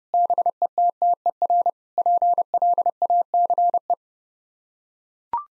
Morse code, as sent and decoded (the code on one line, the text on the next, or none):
-... . - - . .-. / .--. .-.. .- -.-. .
BETTER PLACE